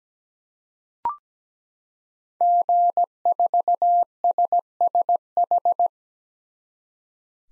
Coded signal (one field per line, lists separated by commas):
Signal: Morse code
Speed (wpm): 17 wpm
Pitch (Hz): 700 Hz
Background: none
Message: G4SSH